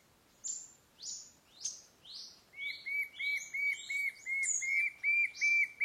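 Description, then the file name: White-shouldered fire-eye song, several high descending notes followed by a steady run of clear whistled notes, about three per second. "Canto do papa taoca do sul"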